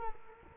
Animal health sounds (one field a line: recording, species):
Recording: mosquito wingbeat signal from an infrared sensor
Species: Culex quinquefasciatus